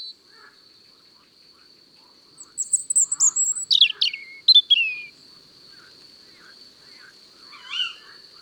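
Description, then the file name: European robin song: a short phrase of very high, thin whistles and quick descending notes. Very high-pitched song; the robin sometimes sings notes so high that human ears cannot hear them. "le rougegorge familier"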